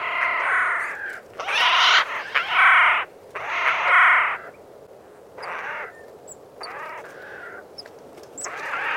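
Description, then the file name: Eurasian jay uttering loud, grating screeches, four strong bursts close together, then softer, shorter rasps after a quiet pause. "Garrulus glandarius"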